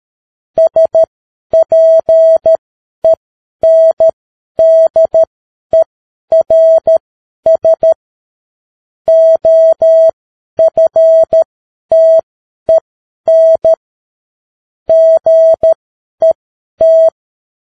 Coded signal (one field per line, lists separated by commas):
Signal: Morse code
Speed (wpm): 13 wpm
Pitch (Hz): 650 Hz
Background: none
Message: SPENDERS OFTEN GET